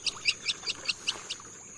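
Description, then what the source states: Northern Jacana calls: seven sharp, high clucking notes evenly spaced about a fifth of a second apart, over a faint continuous high hiss. Found in Mexico, Central and South America and Cuba; wetland bird nicknamed lily trotter, or Jesus bird in Jamaica; males carry their young under their wings.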